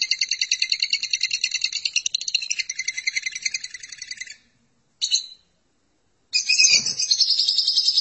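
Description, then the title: Lovebird song, fast high chattering twitter runs for about four seconds, pauses, gives a short burst, then resumes as dense buzzy chatter with a low rustle. "BM Suara Burung Lovebird"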